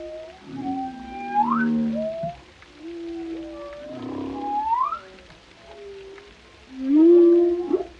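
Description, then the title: Whale song mixing low steady moans with high rising whoops that climb sharply, ending in a loud drawn-out moan. Compilation of whale vocalizations including moans, calls and melodies, presented for relaxation. "Soothing Symphony of the Deep: Captivating Whale Sounds for Relaxation"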